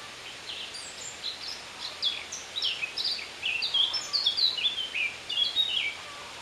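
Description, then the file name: Eurasian blackcap singing a long, rambling warble of varied chirping and whistled notes that grows busier and louder through the middle, over a steady background hiss. "Sylvia atricapilla"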